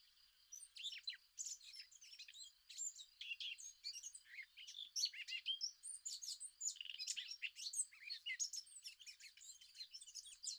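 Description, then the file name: Eurasian blackcap singing a long, rapid, scratchy warble of jumbled chirps and twitters that runs almost without pause through the whole stretch, over a faint steady high hum. "Sylvia atricapilla"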